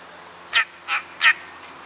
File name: Pica pica